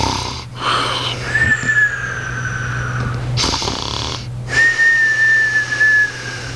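Snoring from an adult sleeper, with a high, whistling tonal quality to the breaths.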